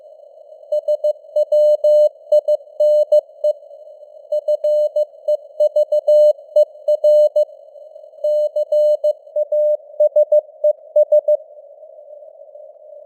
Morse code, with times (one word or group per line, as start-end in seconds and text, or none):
0.7-3.5 SWINE
4.3-7.4 FEVER
8.2-11.4 CASES